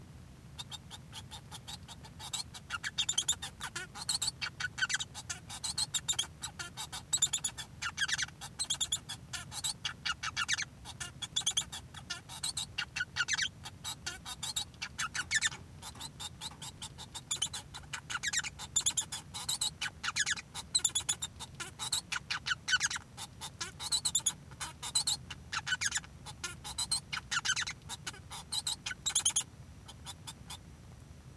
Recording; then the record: song of a male Bengalese finch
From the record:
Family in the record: son of father 1